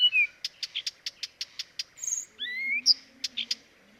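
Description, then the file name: Blyth's reed warbler song: a falling slurred note, then evenly spaced sharp ticks broken by a long rising whistle. Dviete. "dviete acrocephalus dumetorum"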